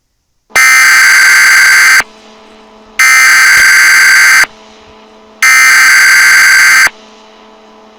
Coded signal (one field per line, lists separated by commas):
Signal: Emergency Alert System (SAME) tones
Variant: header bursts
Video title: EAS Scenario: Gacha Heat Wave 2